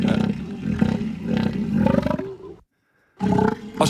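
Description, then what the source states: Elephant seal roar: a low, rattling pulsed bellow for over two seconds, a brief silence, then another throbbing roar begins. Played back; individuals have their own distinct sounds, likened to a tractor struggling to start.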